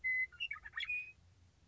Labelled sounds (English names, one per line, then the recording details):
Western Meadowlark
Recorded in Sonoma County, California